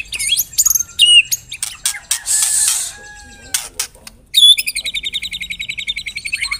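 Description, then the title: White-rumped shama giving whistled notes and harsh scratchy bursts, then a long steady series of quick repeated chips. Lure song used to attract birds. "Pikat Murai Batu Durasi Panjang"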